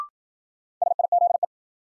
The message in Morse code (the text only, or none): SIZE